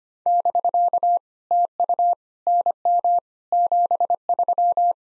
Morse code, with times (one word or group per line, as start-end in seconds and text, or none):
0.3-1.2 <BK>
1.5-2.1 TU
2.5-3.2 NM
3.5-4.9 73